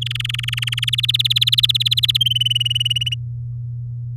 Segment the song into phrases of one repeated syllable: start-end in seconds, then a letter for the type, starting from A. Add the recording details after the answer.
0.01-0.90 A, 0.93-2.17 B, 2.21-3.15 C. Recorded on 7 May 2018 at 11:44. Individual llb16